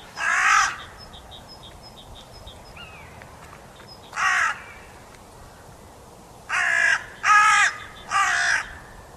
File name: Corvus corone